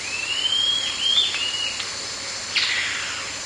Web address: Natures Songs S America Eastern Lowlands Rhegmatorhina melanosticta, subsong and call